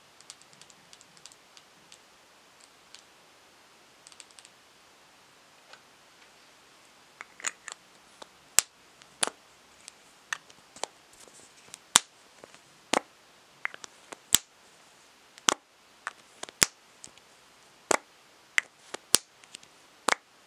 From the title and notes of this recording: In this episode I will be "unboxing" my beauty bag and tapping on each product. Tapping & Crinkling Sounds - Crumpling, Tapping.